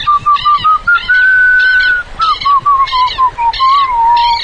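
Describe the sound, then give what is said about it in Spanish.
In a radio performance of Elsa Bornemann's story Cuento con Caricia, a boy whistles a wavering, mid-pitched tune as he walks up to a tero (lapwing) and strokes it, holding one long steady note before sliding through shorter notes, while brighter rhythmic chirping bursts repeat alongside. “Ingresa el changuito silbando, se acerca al tero y lo acaricia.”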